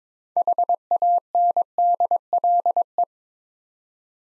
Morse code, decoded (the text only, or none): HANDLE